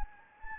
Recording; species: mosquito wingbeat signal from an infrared sensor; Anopheles gambiae